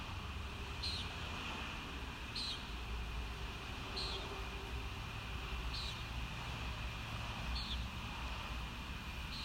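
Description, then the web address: Common nighthawk calls: brief buzzy high notes repeated roughly every one and a half seconds, partly masked by a constant low-pitched rumble. Recorded at Kissimmee on 1 May 2019; described as a noisy recording. "soundrecordings 2019-05-01 Common Nighthawk Kissimmee Noise"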